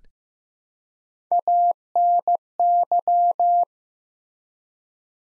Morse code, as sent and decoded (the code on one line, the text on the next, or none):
.- -. -.--
ANY